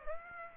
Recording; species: mosquito wingbeat signal from an infrared sensor; Aedes aegypti